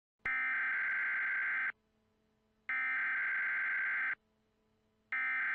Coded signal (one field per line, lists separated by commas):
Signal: Emergency Alert System (SAME) tones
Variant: header bursts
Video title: EAS Scenario: Squall Line Catastrophe - Part 1